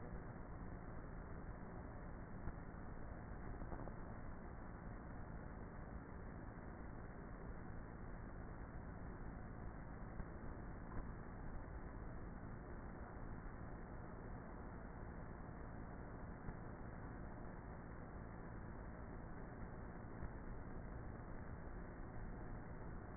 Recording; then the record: honeybee colony, microphone inside the hive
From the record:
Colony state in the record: queenless with a low population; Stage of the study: before two queens were removed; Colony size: about 30,000 bees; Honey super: no